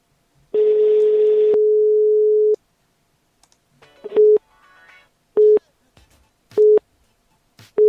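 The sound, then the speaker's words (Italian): The ringing tone of an outgoing telephone call: one long, steady mid-pitched tone for about two seconds, then a series of short beeps at the same pitch, evenly spaced roughly a second apart, with no one talking. “Sta squillando.”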